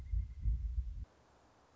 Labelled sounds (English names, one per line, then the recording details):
Pileated Woodpecker
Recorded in Sonoma County, California